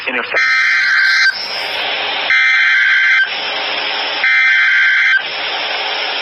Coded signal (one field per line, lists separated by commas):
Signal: Emergency Alert System (SAME) tones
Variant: header bursts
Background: speech